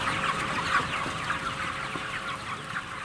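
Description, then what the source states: Broiler chickens calling as a flock, a dense chorus of overlapping short cheeps and clucks, steady and continuous throughout with a faint low hum beneath. Broiler chickens, a grower's last batch, inside the chicken house in Cappoquin, County Waterford, 2008.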